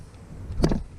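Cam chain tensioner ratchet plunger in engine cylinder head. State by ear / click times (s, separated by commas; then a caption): seated / 0.6 s, 0.7 s. While threading the spring plug back into the cam chain tensioner in the cylinder head of a Suzuki V-Strom DL650 during a valve clearance adjustment, using a size-12 tool, the tensioner's ratchet plunger gives two sharp clicks at 0.6 s and 0.7 s over a low background. The clicks show the plunger has seated and is extending, beginning to push onto and tension the cam chain.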